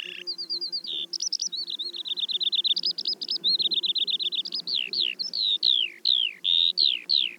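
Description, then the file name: Eurasian skylark song, a fast unbroken stream of high chirps, trills and downslurred whistles, with a faint low hum beneath. "veldleeuwerik"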